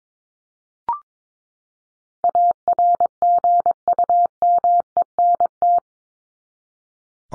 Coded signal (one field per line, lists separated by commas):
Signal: Morse code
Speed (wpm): 22 wpm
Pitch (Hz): 700 Hz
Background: none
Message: ARGUMENT